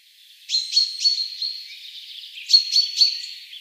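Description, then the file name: Common chaffinch: two short groups of sharp high chips about two seconds apart, with a faint lower warble between them. "Fringilla coelebs"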